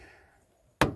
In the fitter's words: clicking back in there he's in